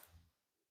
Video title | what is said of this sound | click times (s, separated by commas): Stuffed Glow In The Dark Jellyfish | And if you heard that click, that was it going into place. | 0.0 s